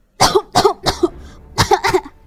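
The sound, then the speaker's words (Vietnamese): A run of five harsh, dry coughs comes in two bursts, three quick ones, a short pause, then two more, each a sharp raspy bark with no talking. A man coughs suddenly after laughing, gripping the edge of a table and coughing up blood. “Kiều Vĩ Minh đầu tiên là cười to, nhưng sau đó đột nhiên ho khan, bám lấy cạnh bàn, vừa ho vừa thổ huyết”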